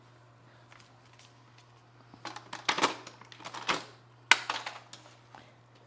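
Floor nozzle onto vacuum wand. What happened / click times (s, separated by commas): The plastic nozzle snapped onto the tube / 4.3 s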